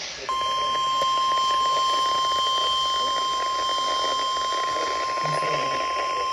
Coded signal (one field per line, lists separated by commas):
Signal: Emergency Alert System (SAME) tones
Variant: 1050 Hz attention tone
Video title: SVR WWG53 EAS-390